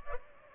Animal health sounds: mosquito wingbeat signal from an infrared sensor; Culex pipiens

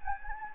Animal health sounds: mosquito wingbeat signal from an infrared sensor; Anopheles gambiae

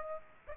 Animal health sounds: mosquito wingbeat signal from an infrared sensor; Aedes aegypti

